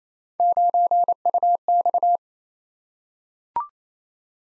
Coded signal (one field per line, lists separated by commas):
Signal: Morse code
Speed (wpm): 27 wpm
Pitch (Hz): 700 Hz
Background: none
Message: 9UX